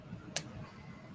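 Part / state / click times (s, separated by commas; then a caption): unspecified small parts snapped back into an item for resale / seated / 0.4 s. Small, unnamed parts are pushed back into an item being prepared for resale and snap into place, with one sharp, bright click at about 0.4 s over a faint low background hum. The parts seat back in fully.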